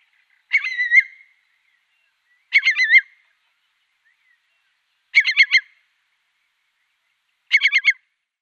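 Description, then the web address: Eurasian curlew calls: four short, stuttering bursts of quick notes, spaced roughly two to three seconds apart, with silence between them. "Schulze Peter Eurasian Curlew calls"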